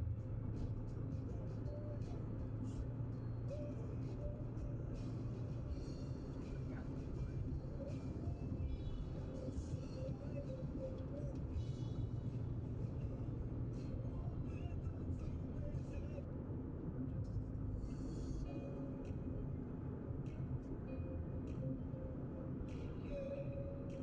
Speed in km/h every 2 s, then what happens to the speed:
87, 85, 83, 83, 83, 81, 79, 85, 87, 88, 87, 86.
0-12 slows to 79. 12-16 speeds up to 87. 16-24 steady at about 87.